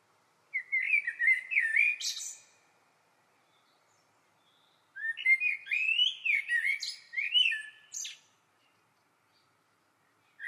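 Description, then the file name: Eurasian blackbird singing two warbled phrases of fluty whistles ending in high squeaky twitters, separated by a few seconds of silence, then the start of a third. "Turdus merula"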